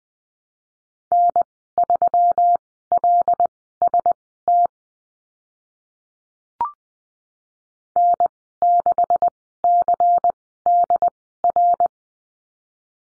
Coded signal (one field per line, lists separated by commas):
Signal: Morse code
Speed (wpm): 20 wpm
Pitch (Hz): 700 Hz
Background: none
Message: N3LST N6CDR